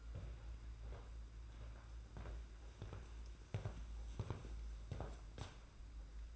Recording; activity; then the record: daily activity, microphone in the room; walk to room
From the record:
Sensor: 2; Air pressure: 991.9 hPa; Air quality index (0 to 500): 230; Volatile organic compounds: 1000 ppm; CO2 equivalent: 7738 ppm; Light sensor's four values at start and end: 18/59/23/21 and 14/47/18/17